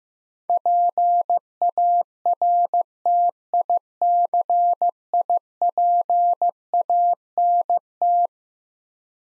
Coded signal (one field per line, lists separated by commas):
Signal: Morse code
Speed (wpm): 15 wpm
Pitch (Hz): 700 Hz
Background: none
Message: PARTICIPANT